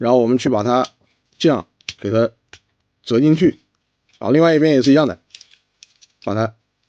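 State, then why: Not seated. A plastic Leader Class Studio Series 86 Megatron robot figure is being transformed into tank mode, with a leg/skirt part folded into the figure's body on one side before the same is done on the other side. Someone talks while light plastic handling clicks are heard between about 5.3 and 6.0 seconds. Nothing has seated or clicked into place yet.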